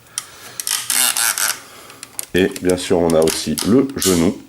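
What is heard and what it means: Someone handles the knee ratchet joint of a plastic transforming robot figure, with sharp handling ticks early on and then someone talking. The knee is being bent toward 90 degrees through its ratchet, but nothing has clicked into position yet.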